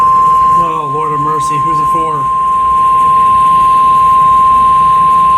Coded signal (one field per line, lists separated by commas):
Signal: Emergency Alert System (SAME) tones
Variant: 1050 Hz attention tone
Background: speech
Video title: PURE MAYHEM 5... | EAS Alerts from 8/2-3/24 | EAS#1,060 - 1,132